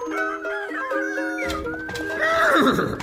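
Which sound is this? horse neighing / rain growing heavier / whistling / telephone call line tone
horse neighing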